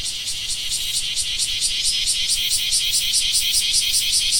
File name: クマゼミ